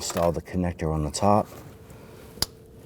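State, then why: Seated. Someone talks briefly, then a single sharp click at 2.4 s as the electrical wiring connector is pushed onto the top of the fuel transfer unit cover on a 2010-2019 Ford Taurus 3.5L V6. The connector locks into place and is seated.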